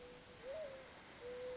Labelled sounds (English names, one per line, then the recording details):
Mourning Dove
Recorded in Sonoma County, California